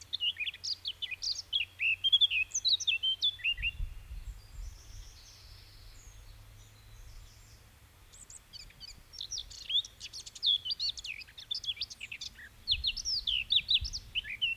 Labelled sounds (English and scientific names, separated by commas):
Eurasian Blackcap (Sylvia atricapilla) song